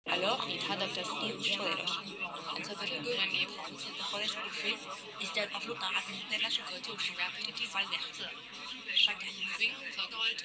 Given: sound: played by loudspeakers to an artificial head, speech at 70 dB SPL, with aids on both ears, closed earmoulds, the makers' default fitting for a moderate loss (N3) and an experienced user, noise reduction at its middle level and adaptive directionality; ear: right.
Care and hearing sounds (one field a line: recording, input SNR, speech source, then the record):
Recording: speech test signal (ISTS) in cocktail-party noise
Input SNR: -6 dB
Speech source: on the right (90 degrees)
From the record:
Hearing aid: class 1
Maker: I